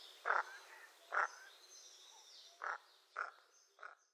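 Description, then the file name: Common Merganser calls: five short, harsh, croaking notes at irregular intervals over four seconds, faint high hiss in the background. Hokkaido. "kawaaisa hokkaido hanada"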